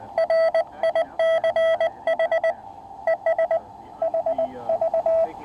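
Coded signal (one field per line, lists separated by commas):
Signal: Morse code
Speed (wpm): 20 wpm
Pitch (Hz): 660 Hz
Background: none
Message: RICH ES HV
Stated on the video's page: SOTA summit activation using an Elecraft KX3 engineering prototype, QRP.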